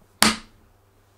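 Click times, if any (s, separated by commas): 0.2 s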